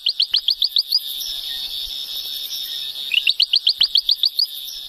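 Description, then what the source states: Ventriloquial frog calling: a rapid series of sharp chirps, then a pause of about two seconds, then another similar fast series, over a steady high background hum. In remote, isolated cloud forest patches on mountaintops in Haiti; distinctive, complex call for such a little frog, 'thrown' so the frog is hard to locate by ear.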